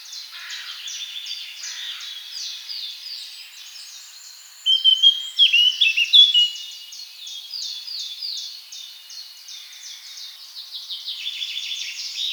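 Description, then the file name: Eurasian blackcap song: steady soft chattering warble with one louder flourish of clear whistled notes midway. "Sylvia atricapilla"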